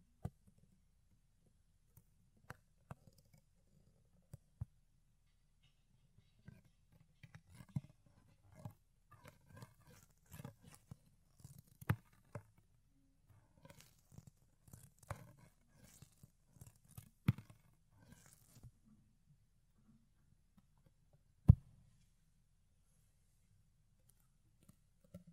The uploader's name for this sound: Fluffy Ear Cleaning, Ear Picking